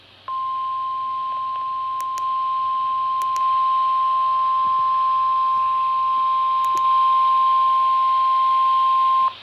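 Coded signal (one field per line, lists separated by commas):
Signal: Emergency Alert System (SAME) tones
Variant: 1050 Hz attention tone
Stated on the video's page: Severe thunderstorm warning received on NOAA Weather Radio transmitter KSC43.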